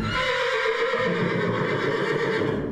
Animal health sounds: contact call of a hoofed animal; horse; whinny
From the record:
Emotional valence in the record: positive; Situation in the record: reunion with the whole group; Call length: 2.8 s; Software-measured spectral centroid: 1810 Hz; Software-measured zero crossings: 2080 a second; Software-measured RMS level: -24 dBFS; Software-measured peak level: -11 dBFS

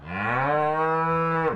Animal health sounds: contact call of a hoofed animal; cattle; low-frequency (closed-mouth) or high-frequency (open-mouth) call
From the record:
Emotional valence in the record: negative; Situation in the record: physical separation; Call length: 1.55 s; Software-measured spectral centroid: 1200 Hz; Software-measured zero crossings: 1940 a second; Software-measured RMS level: -24 dBFS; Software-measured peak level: -11 dBFS

